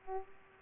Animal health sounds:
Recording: mosquito wingbeat signal from an infrared sensor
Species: Aedes aegypti

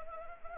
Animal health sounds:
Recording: mosquito wingbeat signal from an infrared sensor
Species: Anopheles arabiensis

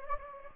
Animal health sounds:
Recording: mosquito wingbeat signal from an infrared sensor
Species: Anopheles gambiae

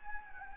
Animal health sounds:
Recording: mosquito wingbeat signal from an infrared sensor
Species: Anopheles gambiae

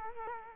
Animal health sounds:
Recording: mosquito wingbeat signal from an infrared sensor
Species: Culex quinquefasciatus

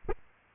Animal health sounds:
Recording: mosquito wingbeat signal from an infrared sensor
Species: Aedes aegypti

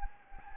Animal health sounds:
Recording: mosquito wingbeat signal from an infrared sensor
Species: Anopheles gambiae

